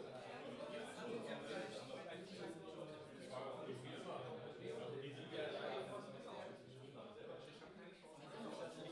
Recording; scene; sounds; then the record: everyday scene through a hearing-aid microphone; many people talking; many voices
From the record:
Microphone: in the ear canal, left